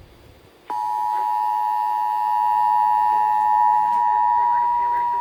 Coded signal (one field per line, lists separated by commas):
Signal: Emergency Alert System (SAME) tones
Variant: 853 and 960 Hz attention tone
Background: speech